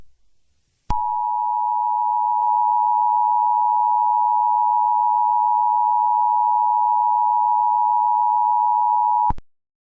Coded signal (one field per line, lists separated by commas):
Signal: Emergency Alert System (SAME) tones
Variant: 853 and 960 Hz attention tone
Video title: First Eas Scenario Preview: Genshin Impact(i play genshin tho 💀)